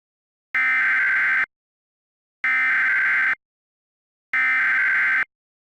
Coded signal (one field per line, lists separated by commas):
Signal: Emergency Alert System (SAME) tones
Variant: header bursts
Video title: EAS Scenario #4: Gacha Life